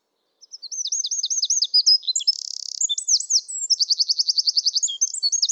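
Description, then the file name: Eurasian wren delivering an energetic high song of quick chirps, a dry rattle at mid-phrase, and a rapid, regular trill near the end. "Troglodytes troglodytes"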